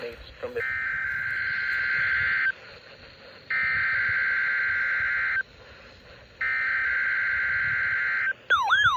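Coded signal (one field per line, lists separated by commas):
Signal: Emergency Alert System (SAME) tones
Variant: header bursts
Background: speech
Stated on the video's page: Required Weekly Test SAME tones.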